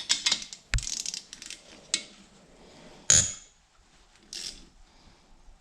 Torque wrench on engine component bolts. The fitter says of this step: click click click